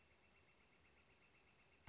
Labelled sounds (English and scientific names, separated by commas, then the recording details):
Northern Flicker (Colaptes auratus)
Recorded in Sonoma County, California